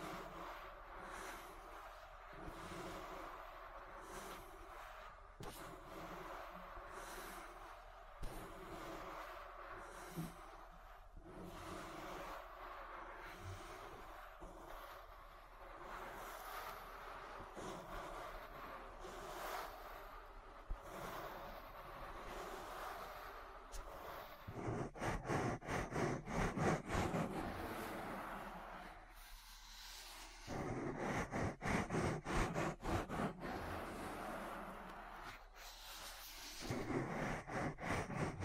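Ear massage: soft, steady rubbing for the first twenty-odd seconds, then louder, rapid scratchy strokes from about 25 seconds, briefly pausing near 30.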